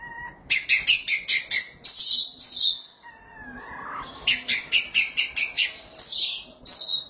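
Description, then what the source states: Oriental magpie-robin song: a quick series of buzzy repeated notes, long rich whistles, a lower falling whistle, then another fast repeated run. Song of the kacer.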